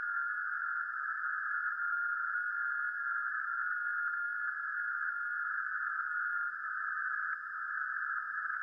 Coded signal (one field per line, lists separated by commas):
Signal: FT8